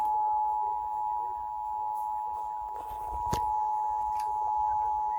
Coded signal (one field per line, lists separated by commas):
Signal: Emergency Alert System (SAME) tones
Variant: 853 and 960 Hz attention tone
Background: speech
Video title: Emergency alert system #181-204